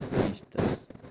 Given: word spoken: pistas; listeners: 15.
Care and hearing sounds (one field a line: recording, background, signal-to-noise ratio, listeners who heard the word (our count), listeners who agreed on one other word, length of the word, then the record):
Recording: one Spanish word in noise, from a listening test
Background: noise modulated by one talker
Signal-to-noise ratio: -9.7 dB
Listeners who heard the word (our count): 4 of 15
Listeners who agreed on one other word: 6 of 15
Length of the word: 0.71 s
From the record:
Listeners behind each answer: 6, 4, 3, 1, 1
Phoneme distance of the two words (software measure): 10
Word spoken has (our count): 2 syllables, 6 phonemes, stress on syllable 1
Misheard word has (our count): 2 syllables, 6 phonemes, stress on syllable 1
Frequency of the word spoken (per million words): 14.04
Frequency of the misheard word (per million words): 18.07